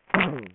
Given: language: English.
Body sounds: throat vibration sensor signal played as sound; throat clearing

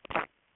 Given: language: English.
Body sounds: throat vibration sensor signal played as sound; swallow

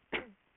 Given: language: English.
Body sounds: throat vibration sensor signal played as sound; cough

